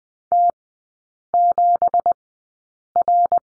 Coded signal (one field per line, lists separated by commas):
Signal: Morse code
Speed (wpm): 20 wpm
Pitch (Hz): 700 Hz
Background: none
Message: T7R